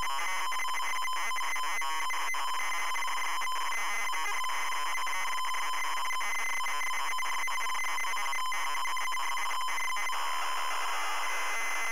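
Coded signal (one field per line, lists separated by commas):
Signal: ZX Spectrum tape loading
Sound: continuous harsh raspy buzzing data screech with rapidly alternating tones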